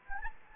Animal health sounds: mosquito wingbeat signal from an infrared sensor; Anopheles gambiae

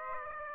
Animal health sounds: mosquito wingbeat signal from an infrared sensor; Aedes aegypti

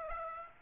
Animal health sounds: mosquito wingbeat signal from an infrared sensor; Aedes aegypti

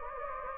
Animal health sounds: mosquito wingbeat signal from an infrared sensor; Anopheles gambiae

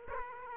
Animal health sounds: mosquito wingbeat signal from an infrared sensor; Aedes aegypti

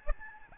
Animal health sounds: mosquito wingbeat signal from an infrared sensor; Aedes albopictus

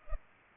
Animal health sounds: mosquito wingbeat signal from an infrared sensor; Culex pipiens

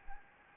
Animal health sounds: mosquito wingbeat signal from an infrared sensor; Anopheles gambiae

